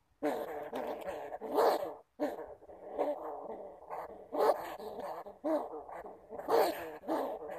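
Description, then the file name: Bamboo rat giving throaty, buzzing growls in uneven bursts, with a short silence after the first two seconds. "Tieng dui keu"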